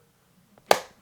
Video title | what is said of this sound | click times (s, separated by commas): Protective But Minimal! Caudabe Synthesis for Apple iPhone 16 Pro! | snaps right on you heard that snap it almost just like picked the iPhone up | 0.7 s